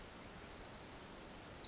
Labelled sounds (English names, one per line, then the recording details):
Pacific Wren
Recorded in Sonoma County, California